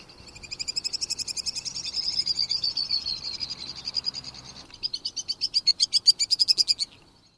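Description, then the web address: White-throated swift giving a shrill, rapid twittering trill that pauses briefly and then resumes, growing louder toward the end. "Thumbs Plus Zoo Field Guide Repository Sounds"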